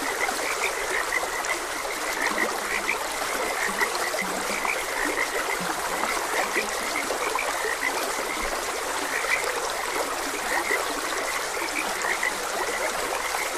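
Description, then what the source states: Frogs calling together, many brief croaks and higher chirps repeating without pause, with a gentle stream running steadily underneath. Frogs croaking beside a gentle stream.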